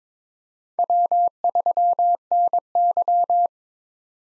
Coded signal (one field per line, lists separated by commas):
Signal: Morse code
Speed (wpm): 22 wpm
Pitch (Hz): 700 Hz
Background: none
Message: W3NY